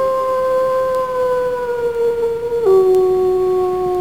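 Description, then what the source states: Wolf howl, a long steady tone that slowly sinks, then drops abruptly to a lower pitch and holds there. Recorded at night.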